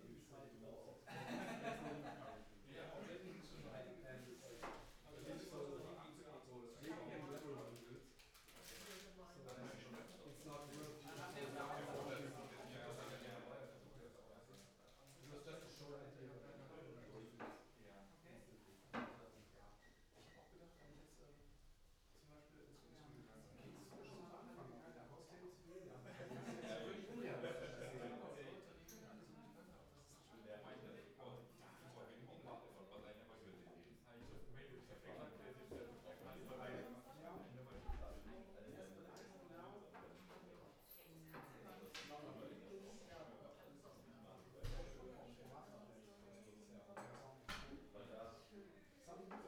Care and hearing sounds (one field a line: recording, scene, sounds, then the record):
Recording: everyday scene through a hearing-aid microphone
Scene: many people talking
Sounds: many voices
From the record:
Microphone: behind the ear, left, front